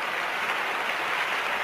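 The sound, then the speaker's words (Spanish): A seminar audience claps steadily for first-time attendees who stand up, a dense, even wash of many hands that holds at a constant loudness for the whole moment without voices breaking through. “Denle un aplauso.”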